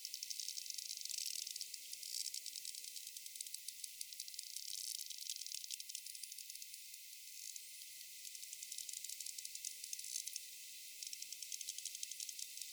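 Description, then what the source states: Sperm whale clicks sounding throughout in busy, uneven trains, heard over a constant soft hiss. Rapid clicks and a coda.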